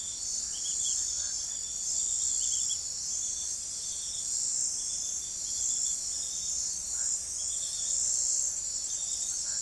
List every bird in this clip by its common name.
none